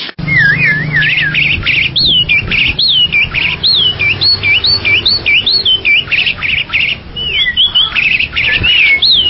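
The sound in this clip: Bali myna song of clear whistled notes that slur up and down, repeated in quick succession.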